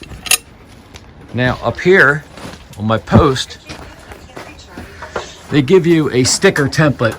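While mounting a Reolink RLC-823A 16X security camera, the camera's cable is routed under a screw and clipped into a small mounting bracket, with a sharp mechanical click at 0.3 s. The cable seats in the bracket clip, and someone then talks.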